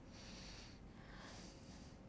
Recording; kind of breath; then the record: one breath in and out by a microphone near the nose and mouth; deep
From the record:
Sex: male